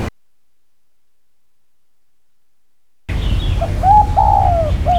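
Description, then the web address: Dove: after a silent gap, a dove coos once: brief clipped notes then a longer descending note, with faint bird chirps and low rumble behind. "birdcall Sdove"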